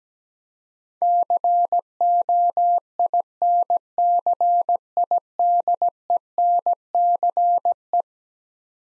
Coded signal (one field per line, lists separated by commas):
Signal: Morse code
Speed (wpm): 17 wpm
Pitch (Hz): 700 Hz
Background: none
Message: COINCIDENCE